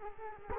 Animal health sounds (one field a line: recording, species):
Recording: mosquito wingbeat signal from an infrared sensor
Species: Culex quinquefasciatus